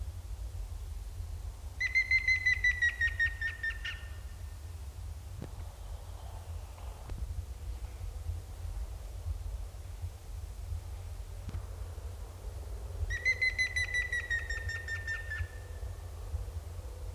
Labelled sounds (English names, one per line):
Grey-headed Woodpecker